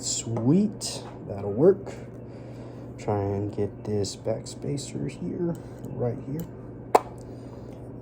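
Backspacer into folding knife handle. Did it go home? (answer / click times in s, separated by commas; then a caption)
yes / 7.0 s. During reassembly of a ZT 0640 folding knife, an Ernest Emerson collaboration, someone talks while fitting the backspacer between the handle scales. A single sharp click at 7.0 s marks the backspacer popping into place, fully seated.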